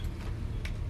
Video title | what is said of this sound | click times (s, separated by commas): Tutorial SPYDER HELMET "REBOOT"kong paano magpalit ng VISOR 👇Please! Follow like and share 🩷 | nag-lock na individual Okay na yun guys | 0.7 s